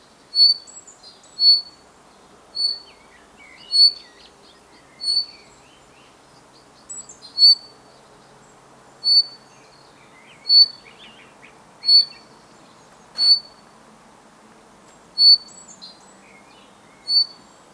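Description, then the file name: Common chaffinch repeating a crisp, high call note every one to two seconds, with scattered faint chirps from other birds between the calls. "Fringilla coelebs"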